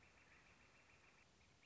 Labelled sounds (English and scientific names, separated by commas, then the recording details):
Northern Flicker (Colaptes auratus)
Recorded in Sonoma County, California